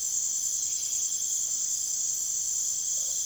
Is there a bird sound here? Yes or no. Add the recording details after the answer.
no. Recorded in secondary vegetation near Puerto Asís, Putumayo, Colombia, on 24 June 2025 at 02:00. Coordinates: 0.489, -76.322. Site G021